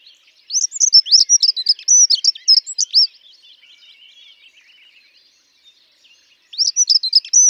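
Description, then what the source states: Dunnock song: a fast, high, tinkling warble lasting about two and a half seconds, a quiet pause with soft twittering, then the next phrase begins. Also called traîne-buisson; often overwinters locally; sings often in spring; shy bird that moves about constantly.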